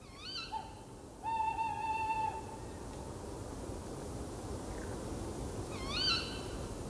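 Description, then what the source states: Tawny owl calls: a short sharp call, then a longer steady tone, and another sharp call later, over steady background noise. Heard at night on a walk watching tawny owls; the female heard calling constantly.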